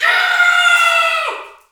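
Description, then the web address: Kudu scream: one harsh, strongly harmonic cry held steady for over a second, then dropping sharply in pitch and fading out. Bull kudu screaming. "Spectrasonics - Heart of Africa 1 Partition C 07 KUDU FX BULLSCREM"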